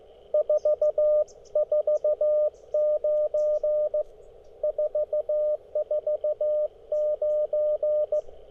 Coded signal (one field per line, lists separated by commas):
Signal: Morse code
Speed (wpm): 19 wpm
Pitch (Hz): 590 Hz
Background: radio noise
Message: 449 449